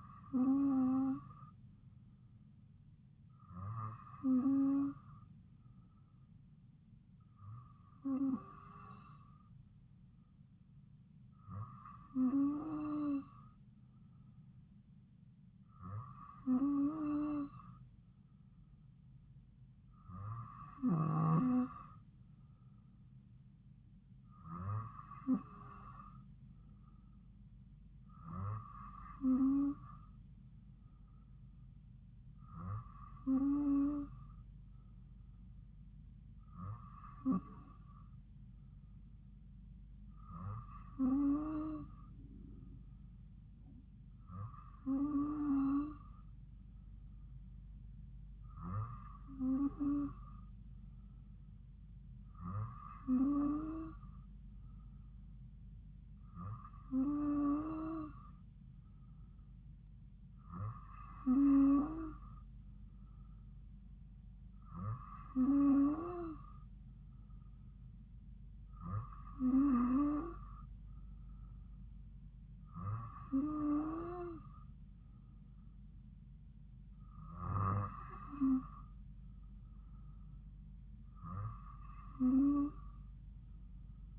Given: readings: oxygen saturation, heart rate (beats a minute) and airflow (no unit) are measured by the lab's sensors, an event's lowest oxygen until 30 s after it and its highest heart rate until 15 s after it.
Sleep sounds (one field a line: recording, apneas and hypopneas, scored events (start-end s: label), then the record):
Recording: breathing in sleep by a smartphone at the bedside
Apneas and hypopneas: none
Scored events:
none scored
From the record:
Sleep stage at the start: N2 (light sleep)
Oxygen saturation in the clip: 94%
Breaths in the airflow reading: 21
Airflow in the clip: -2.5 to 2.4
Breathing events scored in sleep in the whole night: 270 in 6.1 hours asleep